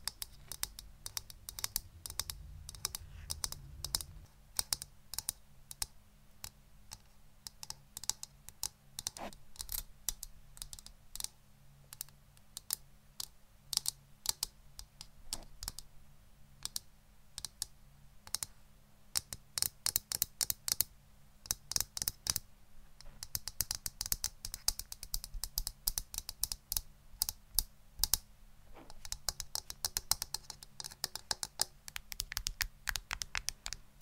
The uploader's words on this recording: ASMR Best Tapping For ULTIMATE Brain Tingles (No Talking).